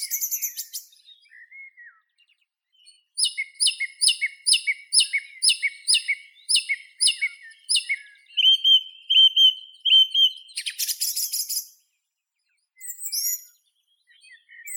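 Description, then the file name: Song thrush song: a phrase of bright notes repeated over and over, a sustained whistle, then a burst of scratchy high chatter and scattered thin calls. "Drozd pevchij Turdus philomelos"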